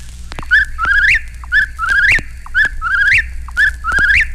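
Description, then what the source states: Eastern whip-poor-will song, a rhythmic whistled phrase ending in a sharp rise, repeated about once a second over a low steady hum. Low-voiced tuck precedes the whip by a fraction of a second; summer campers claim whippoorwills sing all night long.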